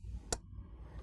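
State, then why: Seated. An electrical connector is pushed onto the MAF sensor on the intake tube of a Flowmaster Delta Force cold air intake on a 2015–2016 Chevy Colorado/GMC Canyon with a 3.6-liter engine. A single sharp snap is heard at 0.3 s over low background rumble as the connector seats, after which the red locking tab is pushed.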